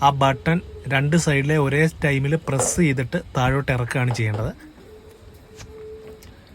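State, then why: Seated. Someone talks while a plastic tray is slid down into the side slots of a booster high chair with the buttons on both sides pressed. After the talking stops, the tray drops into its lock with a single click at 6.2 s. The tray is seated and locked automatically.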